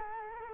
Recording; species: mosquito wingbeat signal from an infrared sensor; Culex quinquefasciatus